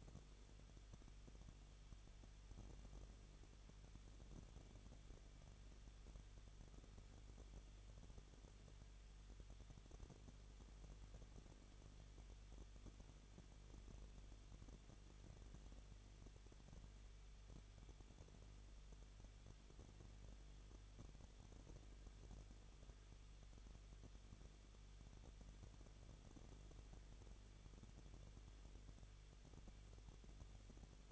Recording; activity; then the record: daily activity, microphone in the room; no activity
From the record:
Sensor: 4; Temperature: 23.0 degrees Celsius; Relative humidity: 34.3%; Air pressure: 1007.2 hPa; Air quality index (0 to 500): 217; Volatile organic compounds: 15 ppm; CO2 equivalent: 2513 ppm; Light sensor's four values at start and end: 2/3/1/1 and 2/3/1/1